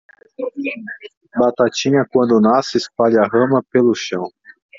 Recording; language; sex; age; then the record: short text; Brazilian Portuguese; male; 40 to 49 years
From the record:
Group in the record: control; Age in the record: 40 years